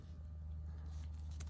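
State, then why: Seated. A plastic wiper blade adapter on a Chevy Silverado/Tahoe/Yukon is pushed up onto the metal wiper arm against a steady low hum. A single sharp click sounds at 1.4 seconds as the top and bottom tabs click into place, seating the adapter properly.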